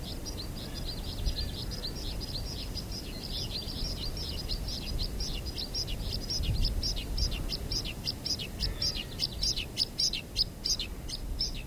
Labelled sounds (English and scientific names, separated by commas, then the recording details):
White-winged Snowfinch (Montifringilla nivalis)
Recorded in the wild
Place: Glocknergebiet, AT
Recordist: Brunner, Thomas